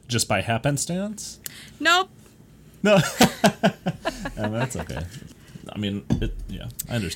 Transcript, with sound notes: Just by happenstance?
Nope.
No. (laughing)
I mean, that's okay. I mean, yeah, I understand.